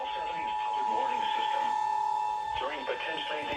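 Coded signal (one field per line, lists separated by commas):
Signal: Emergency Alert System (SAME) tones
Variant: 853 and 960 Hz attention tone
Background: speech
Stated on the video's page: NOAA Weather Radio required weekly test.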